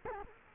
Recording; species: mosquito wingbeat signal from an infrared sensor; Culex quinquefasciatus